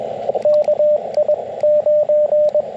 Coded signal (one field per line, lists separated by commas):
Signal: Morse code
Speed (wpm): 21 wpm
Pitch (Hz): 590 Hz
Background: radio noise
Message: KI9